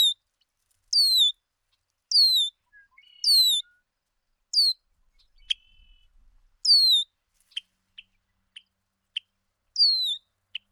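Bird calls: repeated high descending whistles with overtones roughly every second, later mixed with short sharp ticks; no other clear sounds.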